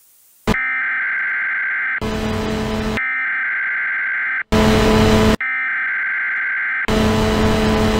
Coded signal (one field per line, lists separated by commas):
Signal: Emergency Alert System (SAME) tones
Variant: header bursts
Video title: the eas tones but the background noise is louder than the actual tones